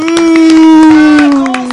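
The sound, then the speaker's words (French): A crowd cheers and applauds in acclamation of Don Saluste, with a sustained, steady shout held over a continuous patter of scattered hand claps, loud throughout the short burst. “Ah j'ai oublié les acclamations de Don Saluste.”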